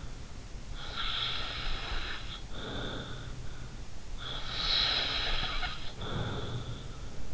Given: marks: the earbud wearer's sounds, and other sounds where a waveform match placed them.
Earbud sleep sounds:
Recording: sounds in sleep by an in-ear microphone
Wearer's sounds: snoring breath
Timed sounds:
0.68-3.31 s: snoring breath
4.17-7.13 s: snoring breath

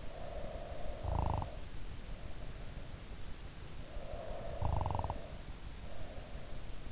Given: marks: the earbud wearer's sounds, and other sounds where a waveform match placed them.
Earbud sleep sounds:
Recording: sounds in sleep by an in-ear microphone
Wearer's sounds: snoring breath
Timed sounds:
0.00-1.94 s: snoring breath
3.94-6.74 s: snoring breath

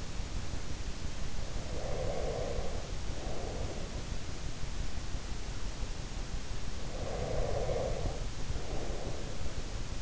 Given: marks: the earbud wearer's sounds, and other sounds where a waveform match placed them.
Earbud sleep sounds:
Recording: sounds in sleep by an in-ear microphone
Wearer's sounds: breath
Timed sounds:
1.76-4.43 s: breath
6.58-10.02 s: breath

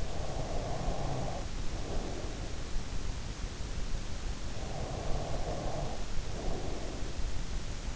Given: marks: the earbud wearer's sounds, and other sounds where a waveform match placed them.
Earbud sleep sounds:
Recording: sounds in sleep by an in-ear microphone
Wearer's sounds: breath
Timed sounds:
0.00-3.10 s: breath
4.56-7.60 s: breath

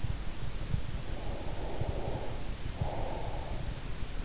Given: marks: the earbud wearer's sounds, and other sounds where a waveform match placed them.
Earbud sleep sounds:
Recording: sounds in sleep by an in-ear microphone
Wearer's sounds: breath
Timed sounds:
1.07-3.70 s: breath

